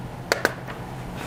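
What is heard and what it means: Pushing a pry tool along the seam of a Dell Vostro laptop pops more of the plastic clips holding the bottom cover to the palm rest chassis. Two sharp clicks land at 0.3 s and 0.5 s as the clips release. After that there is only quiet background.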